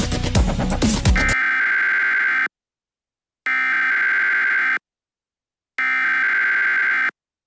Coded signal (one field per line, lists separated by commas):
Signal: Emergency Alert System (SAME) tones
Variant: header bursts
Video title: EAS scenario *1 five night at sonic's remastered